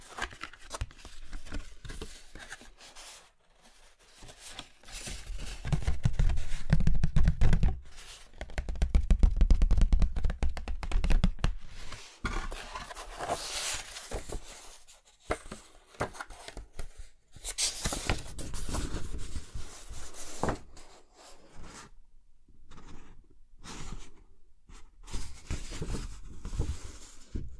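Scraping and brushing with an excavation kit, like an archaeological dig: dense, gritty scratching in irregular bursts. A louder stretch of rapid, rhythmic rasping runs from about 5 to 12 seconds, and after a brief pause around 15 seconds, lighter intermittent scrapes and taps continue.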